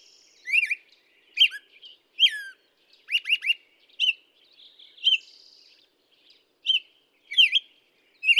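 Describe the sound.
Black-headed Grosbeak song: rich, sweet whistled phrases, rising and falling, delivered in quick bursts with brief pauses.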